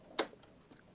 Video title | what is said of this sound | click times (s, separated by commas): Threading the Baby Lock Triumph is pretty darn easy! | When you click it in place, you know it's in place. | 0.2 s